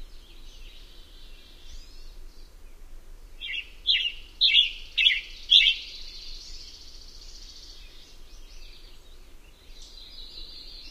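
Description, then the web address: Western tanager song: a run of four rough, burry phrases in quick succession midway, then quieter high notes. "Songs of Birds of North America Know Your Bird Sounds Common Western Species. Western Tanager"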